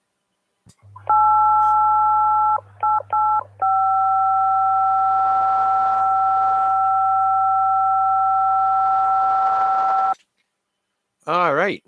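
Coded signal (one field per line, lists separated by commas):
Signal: DTMF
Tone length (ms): 890 ms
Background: speech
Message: 8885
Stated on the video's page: DTMF heard on an amateur radio simplex net on 146.430 MHz.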